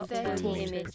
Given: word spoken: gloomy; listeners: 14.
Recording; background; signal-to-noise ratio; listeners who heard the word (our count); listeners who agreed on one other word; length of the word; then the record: one English word in noise, from a listening test; four-talker babble; -3.0 dB; 0 of 14; 6 of 14; 0.55 s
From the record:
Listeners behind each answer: 6, 1, 1, 1, 1, 1, 1, 1, 1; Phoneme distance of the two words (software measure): 44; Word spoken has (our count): 2 syllables, 5 phonemes, stress on syllable 1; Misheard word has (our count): 2 syllables, 5 phonemes, stress on syllable 1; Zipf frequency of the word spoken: 3.63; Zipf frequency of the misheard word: 2.91